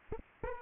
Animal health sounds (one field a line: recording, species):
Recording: mosquito wingbeat signal from an infrared sensor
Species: Aedes aegypti